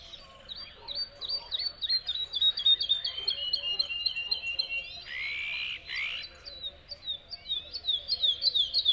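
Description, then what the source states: Bird song of long, fast strings of high clipped notes broken by a brief buzzy rasp, then resuming in quick chirping bursts. Song delivered from a tree in the Spanish dehesas.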